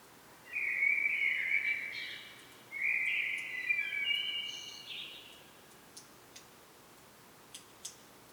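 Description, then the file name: Common blackbird song: two rich, fluty phrases close together, the second rising into thin high notes, then a few faint ticks in otherwise quiet surroundings. "Turdus merula"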